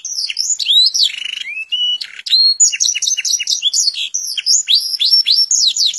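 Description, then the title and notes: Canary song full of varied whistled slurs, sharp chips and quick descending notes in an uneven, jumbled sequence. Canary master song used for training. "Suara Burung Kenari Masteran. master suara burung kenari mantap"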